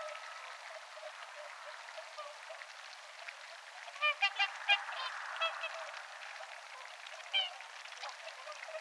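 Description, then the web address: Whooper swan group with low chatter, then a cluster of loud, ringing honks midway and a couple more later. Several whooper swans filtering food from the water with their bills, 18 October 2024. "paivat 18 10 2024 laulujoutsenet suodattavat vedesta jotain ruokaa nokallaan"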